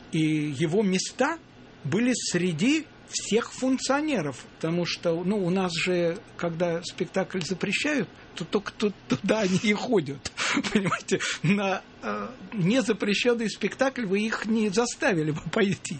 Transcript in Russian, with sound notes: И его места были среди всех функционеров, потому что, ну, у нас же когда спектакль запрещают, то только туда они и ходят. (смеется) Понимаете? На незапрещенный спектакль вы их не заставили бы пойти.